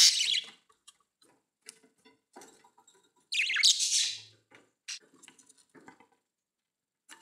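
Budgerigar calls, two loud harsh screeches with scattered soft clicks and chirps between them, then a few fainter notes.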